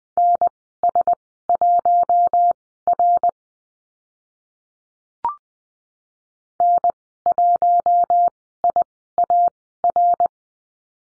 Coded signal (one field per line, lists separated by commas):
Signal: Morse code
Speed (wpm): 20 wpm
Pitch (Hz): 700 Hz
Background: none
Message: NS1R N1IAR